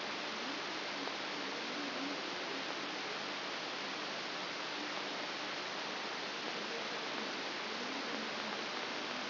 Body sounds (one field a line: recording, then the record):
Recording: brain microelectrode recording played as sound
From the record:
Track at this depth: outside the subthalamic nucleus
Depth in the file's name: 5.701 mm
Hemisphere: left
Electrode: 3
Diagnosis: Parkinson's disease